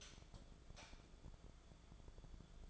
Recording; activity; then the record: daily activity, microphone in the room; light off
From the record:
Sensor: 5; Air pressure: 1010.4 hPa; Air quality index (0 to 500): 117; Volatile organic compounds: 2 ppm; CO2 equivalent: 1150 ppm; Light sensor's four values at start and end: 477/1226/506/568 and 479/1227/507/569